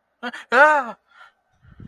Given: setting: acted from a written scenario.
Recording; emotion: vocal sound without words; fear